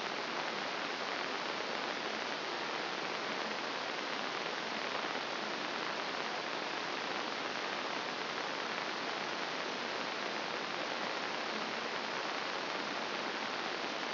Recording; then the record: brain microelectrode recording played as sound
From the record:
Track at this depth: outside the subthalamic nucleus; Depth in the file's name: 1.039 mm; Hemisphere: left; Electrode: 2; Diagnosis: Parkinson's disease